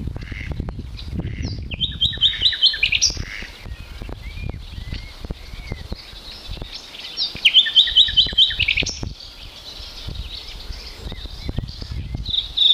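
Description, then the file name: Common nightingale singing two separated phrases of fast, repeated chattering notes with whistled bits between, over low rumbling background noise. "Luscinia megarhynchos"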